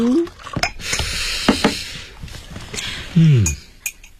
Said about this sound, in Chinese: 嗯我给你冲杯咖啡。那开水是我刚从门房拿来的。